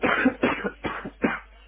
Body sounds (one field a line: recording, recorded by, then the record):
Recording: voluntary cough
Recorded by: telephone call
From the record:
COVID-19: positive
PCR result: self-reported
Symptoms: no